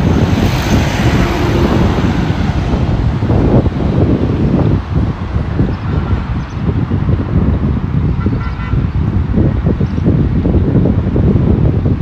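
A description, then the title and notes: Walking in Modiin, Israel, with a steady low rumble of passing traffic and gusty wind buffeting throughout, plus faint brighter sounds scattered through the middle. Walking In Modiin, Israel.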